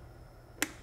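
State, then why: Seated. A pressure tube quick connector, tube 12 for total pressure, is pushed into port 12 of a water manometer, where it clicks at 0.6 s. The sharp, brief click rises well above a quiet low hum, and the connector is locked in place.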